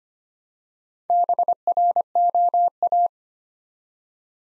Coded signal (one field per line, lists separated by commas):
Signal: Morse code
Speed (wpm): 25 wpm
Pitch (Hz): 700 Hz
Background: none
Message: BROA